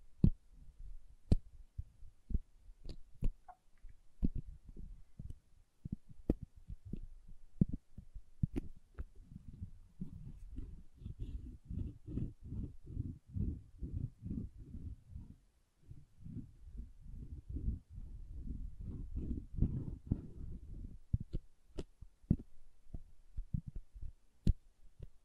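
Soft and hard soap being tapped and carved, with dull low thumps and scraping strokes packed densely through the middle stretch. Sharp bright taps stand out every second or two, clustering near the start and end, with a brief quiet gap around fifteen seconds.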